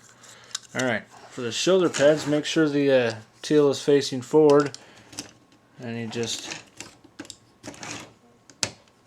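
Someone talks while pressing a plastic shoulder pad armor piece, tail facing forward, onto the shoulder of a Transformers Shadow Commander Set action figure. Small plastic clicks and handling taps come before a loud, sharp snap at 8.6 s. The piece seems to snap into place but is not actually attached.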